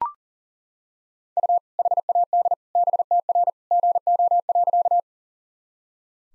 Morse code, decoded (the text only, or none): U HAD BTR GO.